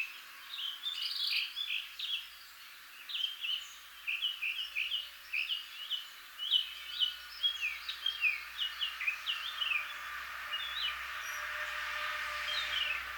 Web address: sound Northern-mockingbird. صدای-پرنده-مرغ-تقلیدگر-شمالی